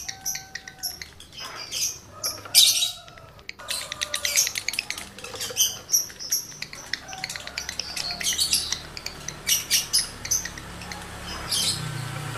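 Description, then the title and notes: Lovebird song in busy bursts of shrill squeaks, buzzy notes and rapid clicking. Male lovebird in breeding condition; the song is used as a lure to prompt other lovebirds to sing. "Birahi Lovebird Jantan ke Gacor. Pancingan Suara Lovebird jantan birahi ini sangat manjur untuk burung Lovebird Anda"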